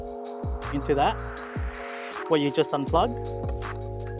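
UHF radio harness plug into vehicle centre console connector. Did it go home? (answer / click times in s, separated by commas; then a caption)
no / none. The male plug of a GME UHF 12V "plug n play" radio harness adapter is handled by the centre-console connector of a Ranger Super Duty that was just unplugged, while someone talks over a steady tonal hum. Nothing has seated or clicked yet.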